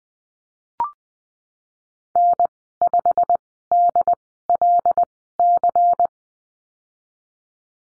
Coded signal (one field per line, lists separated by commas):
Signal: Morse code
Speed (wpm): 20 wpm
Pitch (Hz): 700 Hz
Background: none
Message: N5DLC